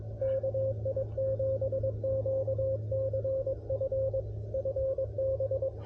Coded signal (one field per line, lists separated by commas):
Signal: Morse code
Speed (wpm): 22 wpm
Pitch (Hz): 530 Hz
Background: radio noise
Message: KI7QCF FB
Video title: CW POTA With The CFT1 Transceiver